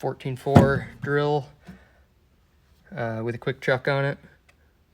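A hex-shank bit is handled into the quick chuck of a small Snap-on 14.4 cordless drill while someone talks, with a faint tick near 4.5 seconds. The bit is not yet home, and nothing has seated or clicked yet.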